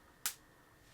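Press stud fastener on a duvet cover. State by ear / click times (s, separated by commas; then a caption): seated / 0.3 s. A press stud (snap fastener) closing the opening of a duvet cover is pressed together and snaps shut with a single sharp, bright click at 0.3 s. The click is short and mostly high-pitched, against a quiet background. The fastener is closed.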